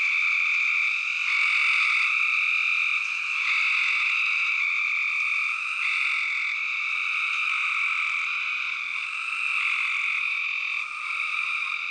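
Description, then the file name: Spring peepers calling together in a steady, shrill, overlapping chorus of high peeps, with slight rises and falls in loudness throughout. "Peepers"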